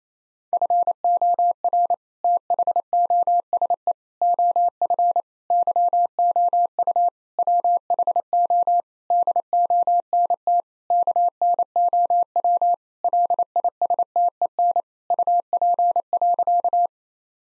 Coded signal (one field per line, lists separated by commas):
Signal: Morse code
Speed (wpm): 28 wpm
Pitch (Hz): 700 Hz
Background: none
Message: FOR THOSE OF YOU WHO DONT KNOW LISTEN UP.